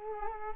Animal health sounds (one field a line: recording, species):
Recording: mosquito wingbeat signal from an infrared sensor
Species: Culex quinquefasciatus